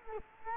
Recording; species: mosquito wingbeat signal from an infrared sensor; Culex quinquefasciatus